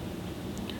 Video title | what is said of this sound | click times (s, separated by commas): How To Power Your Raspberry Pi | it in and press down to lock it in place you should hear it click once | 0.7 s